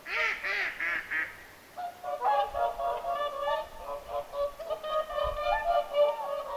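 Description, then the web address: Whooper swans calling, a few loud bugling honks opening, followed by a steady jumble of overlapping nasal honks from several birds. Whooper swans calling at Lintulahti on 6 November 2025. "paivat 6 11 2025 laulujoutsenten aantelya lintulahdella"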